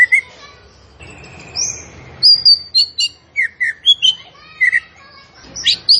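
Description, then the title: Zebra finch song: high whistled notes and sharp chirps, some slurred and rising, delivered in quick irregular phrases after a soft hissy start. Masteran recording for training songbirds, featuring a gacor, actively singing, tembakan bird. "Masteran Burung Tembakan Gacor"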